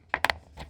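The plastic latch on the wire harness connector of the evaporator fan motor in a GE CWE23SSHHSS refrigerator is opened by hand. Sharp plastic clicks are heard at 0.1 and 0.3 seconds, followed by a faint rattle. The connector is released and unlatched from the fan motor.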